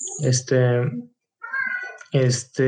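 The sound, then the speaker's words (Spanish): A cat meows several times in a row, drawn-out, tonal cries with a short pause in the middle, the later calls rising higher and sounding more strained. “como te decía, mi gato comenzó a mollar.”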